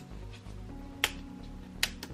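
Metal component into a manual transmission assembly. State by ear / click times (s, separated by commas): seated / 1.0 s, 1.8 s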